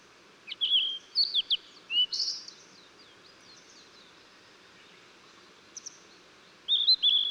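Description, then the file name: Blue-and-white flycatcher singing a phrase of high whistles and quick slurred notes with a buzzy ending, then after several seconds of quiet a second whistled phrase begins. Recorded 14 June 2009. "20090614 ooruri"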